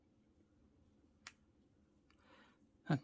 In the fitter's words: you have the satisfactory click you know it's set as you can see it's not coming off